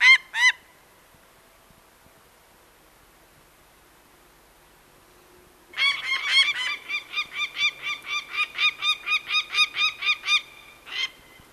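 Peregrine falcon giving harsh, grating calls: two notes, a long pause, then a rapid run of repeated kak notes, about four per second, for five seconds.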